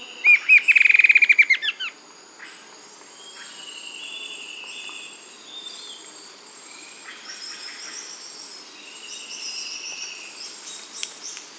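A bird gives a rapid, loud trilling series of chirps for about two seconds, followed by fainter high whistles and a steady background hiss.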